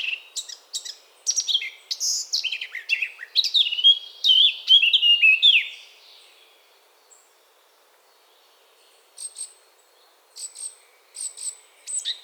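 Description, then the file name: Eurasian blackcap song: a lively burst of mixed chirps and warbled whistles, then near silence, followed by a few thin, high, scratchy notes. "Sylvia atricapilla"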